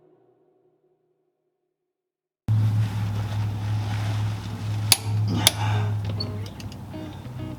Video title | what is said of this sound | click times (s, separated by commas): Jeep JL 1310 Front Driveshaft Install | There you go. When you hear the click, you're done. | 4.9 s, 5.5 s